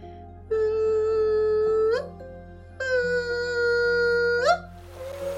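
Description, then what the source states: Humpback whale feeding call: two long, steady, trumpeting tones, each held about one and a half seconds before bending sharply upward at the end, over a low hum. Call given by one whale during group bubble-net feeding after bubbles circle a fish school, lasting 10 to 45 seconds; drives Pacific herring toward the surface, then the group surfaces to feed.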